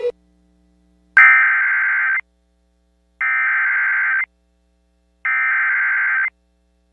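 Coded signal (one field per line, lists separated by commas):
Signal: Emergency Alert System (SAME) tones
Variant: header bursts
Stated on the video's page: Personal captures of real EAS alerts.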